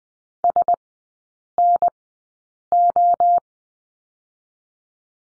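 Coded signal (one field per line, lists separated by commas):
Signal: Morse code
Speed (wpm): 20 wpm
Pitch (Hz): 700 Hz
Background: none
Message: SNO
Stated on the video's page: Morse code course lesson of three-character groups with Farnsworth spacing at 20/10 wpm.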